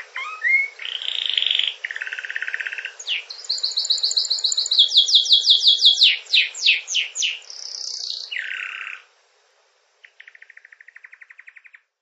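Canary singing a long rolling song of buzzy rattles, high rapid trills and falling slurred notes, ending after a pause with a softer dry trill.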